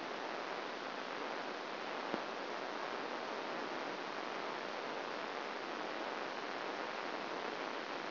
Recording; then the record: brain microelectrode recording played as sound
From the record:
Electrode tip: outside the subthalamic nucleus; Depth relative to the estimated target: 5 mm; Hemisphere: left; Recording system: AlphaMap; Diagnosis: Parkinson's disease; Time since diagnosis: 12 years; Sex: male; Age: 57 years